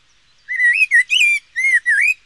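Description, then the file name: Eurasian blackbird singing a run of mellow, warbled whistles that rise and fall, with thin high overtones, in a phrase of about a second and a half broken by short gaps. "kos Turdus merula"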